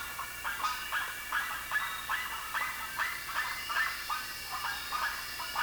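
Bird calls, short rasping notes repeated in quick pulses.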